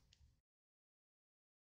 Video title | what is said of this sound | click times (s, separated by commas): How to Start Machine Embroidery - Brother SE600 Tutorial + How to download InkScape & Ink/Stitch | attach it to your machine you just have the push down usually you'll hear a click | 0.1 s